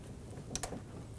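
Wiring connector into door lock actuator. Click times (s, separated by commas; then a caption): 0.6 s. A wiring connector is pushed onto the door lock actuator inside the door of a 2008-2015 Scion xB during front power window motor and regulator replacement. Against a low background, a short, quiet click at 0.6 s (0.55 s) is followed by a second brief tick at 0.6 s (0.63 s). The connector clicks in and is seated.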